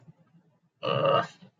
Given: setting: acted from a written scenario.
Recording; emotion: vocal sound without words; disgust